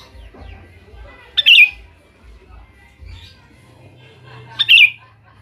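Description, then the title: Sooty-headed bulbul singing two short, liquid, warbled phrases about three seconds apart over a low hum. "Kutilang"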